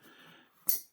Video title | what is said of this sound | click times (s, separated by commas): Monterey Bay Knives Ti S90V (laconico luxury) #timbersedgeknives #knifedisassembly | Hear that click coming out of there? | 0.7 s